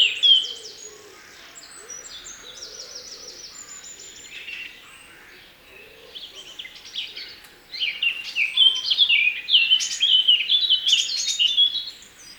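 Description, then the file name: Eurasian blackcap song: soft scratchy warbling at first, then a louder, rich fluting passage of varied whistled notes for the last few seconds. "Sylvia atricapilla"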